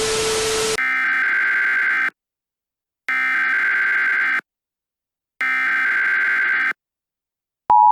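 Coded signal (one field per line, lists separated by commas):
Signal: Emergency Alert System (SAME) tones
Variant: header bursts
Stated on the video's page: Fictional EAS scenario, a simulated horror alert.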